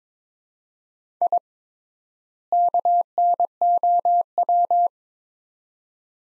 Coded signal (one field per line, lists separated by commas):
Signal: Morse code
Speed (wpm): 22 wpm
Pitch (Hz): 700 Hz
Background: none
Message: I KNOW